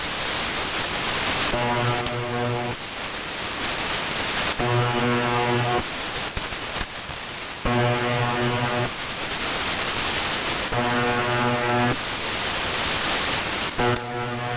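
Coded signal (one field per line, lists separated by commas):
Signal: channel marker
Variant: UVB-76 (The Buzzer)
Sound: five harsh low buzzes, each about a second long, repeating every three seconds through static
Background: radio static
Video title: UVB-76 Buzzing sound on 4625 Khz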